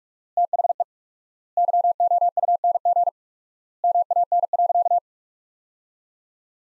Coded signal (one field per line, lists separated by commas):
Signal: Morse code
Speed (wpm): 46 wpm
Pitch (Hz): 700 Hz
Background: none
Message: THE YOUNG MAN.